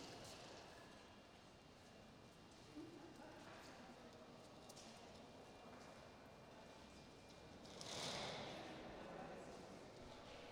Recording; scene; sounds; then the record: everyday scene through a hearing-aid microphone; reverberant space; background noise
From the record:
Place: railway station hall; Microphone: in the ear canal, right